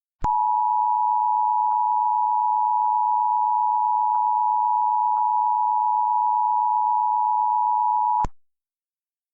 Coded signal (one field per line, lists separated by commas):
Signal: Emergency Alert System (SAME) tones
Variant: 853 and 960 Hz attention tone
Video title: Thunderstorm in Washington - EAS Recreation